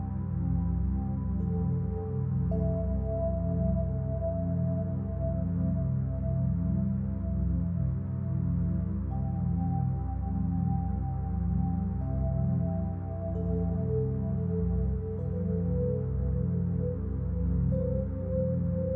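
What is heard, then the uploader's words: Alpha binaural beats: a steady, dense low drone with layered pulsing tones, and brighter held notes that shift pitch every few seconds. Flow State with Alpha Binaural Beats.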